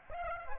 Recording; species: mosquito wingbeat signal from an infrared sensor; Aedes aegypti